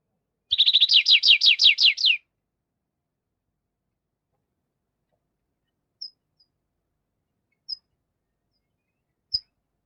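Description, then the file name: Tree Pipit song: a quick burst of many high, rhythmic, downward-slurred notes lasting under two seconds, followed by three spaced single high notes. "Animal Tree Pipit"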